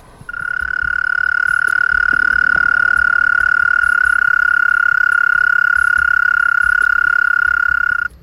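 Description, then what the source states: Mole cricket song: one continuous, even churring trill, starting abruptly and stopping cleanly after about eight seconds. Male stridulating on summer nights in southern France to attract females, rubbing its wings together; song amplified by a Y-shaped burrow.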